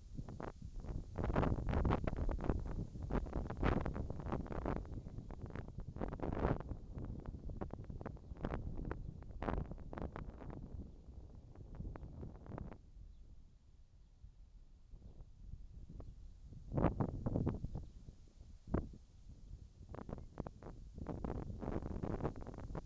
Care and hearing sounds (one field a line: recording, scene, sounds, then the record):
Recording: everyday scene through a hearing-aid microphone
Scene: wind on the microphone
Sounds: wind, whistling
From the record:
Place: in front of a rural house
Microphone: in the ear canal, left